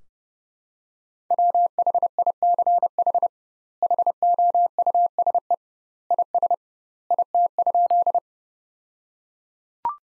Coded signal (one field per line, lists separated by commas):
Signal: Morse code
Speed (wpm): 32 wpm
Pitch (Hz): 700 Hz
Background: none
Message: WHICH HOUSE IS IT?